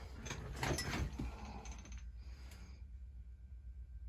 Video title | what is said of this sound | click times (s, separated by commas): Agency Power hand brake 2021 Can Am X3 installation | and it will snap into place | 0.6 s